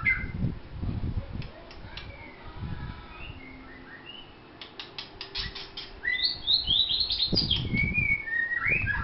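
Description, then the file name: White-rumped shama song: scattered short whistles and clicks, then a burst of bright slurred, looping whistled phrases toward the end, with low thuds in the background. Vietnam. "shama vietnam omkicau"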